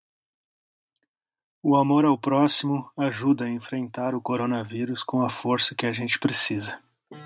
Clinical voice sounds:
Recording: spoken sentence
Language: Brazilian Portuguese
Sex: male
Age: 30 to 39 years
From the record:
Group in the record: control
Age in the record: 35 years

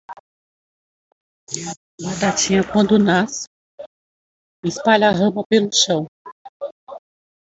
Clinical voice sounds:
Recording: short text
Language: Brazilian Portuguese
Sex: female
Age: 50 to 59 years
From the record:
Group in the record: control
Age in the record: 50 years

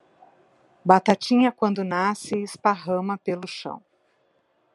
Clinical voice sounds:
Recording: short text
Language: Brazilian Portuguese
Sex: female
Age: 50 to 59 years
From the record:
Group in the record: control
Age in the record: 57 years

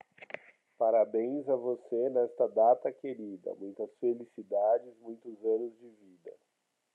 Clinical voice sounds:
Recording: short text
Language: Brazilian Portuguese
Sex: male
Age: 30 to 39 years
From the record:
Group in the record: control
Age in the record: 36 years

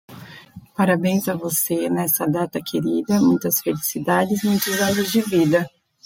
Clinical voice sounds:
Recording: short text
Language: Brazilian Portuguese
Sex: female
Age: 20 to 29 years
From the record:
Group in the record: control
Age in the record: 27 years

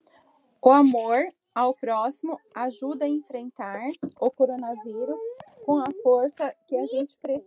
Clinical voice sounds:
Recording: spoken sentence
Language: Brazilian Portuguese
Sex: female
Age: 40 to 49 years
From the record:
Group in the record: control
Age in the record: 42 years

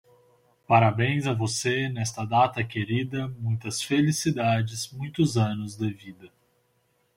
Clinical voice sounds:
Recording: short text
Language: Brazilian Portuguese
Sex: male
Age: 30 to 39 years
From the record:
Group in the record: control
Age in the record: 31 years

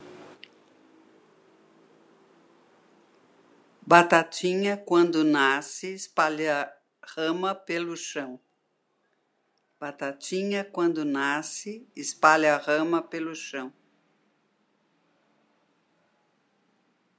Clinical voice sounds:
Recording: short text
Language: Brazilian Portuguese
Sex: female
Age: 70 to 79 years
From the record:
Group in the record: control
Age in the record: 76 years

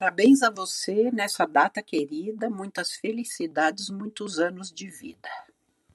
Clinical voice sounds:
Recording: short text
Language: Brazilian Portuguese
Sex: female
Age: 60 to 69 years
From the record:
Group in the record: control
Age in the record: 67 years

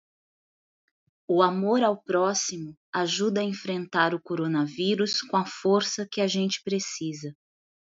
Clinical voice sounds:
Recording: spoken sentence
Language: Brazilian Portuguese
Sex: female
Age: 40 to 49 years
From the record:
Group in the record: control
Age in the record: 44 years

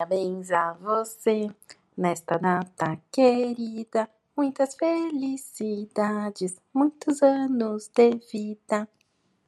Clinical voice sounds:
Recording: short text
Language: Brazilian Portuguese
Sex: female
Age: 30 to 39 years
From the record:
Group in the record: control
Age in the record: 37 years

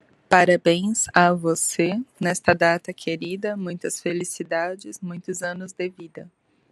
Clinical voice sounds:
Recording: short text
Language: Brazilian Portuguese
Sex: female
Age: 30 to 39 years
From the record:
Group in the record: control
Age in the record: 37 years

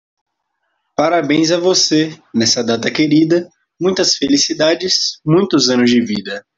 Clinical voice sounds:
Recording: short text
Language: Brazilian Portuguese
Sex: male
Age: 20 to 29 years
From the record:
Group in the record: control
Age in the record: 20 years

